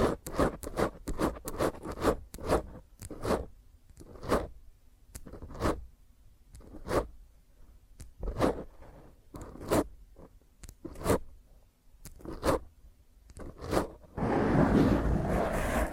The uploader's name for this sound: Intense Rough Mic Scratch using HandNails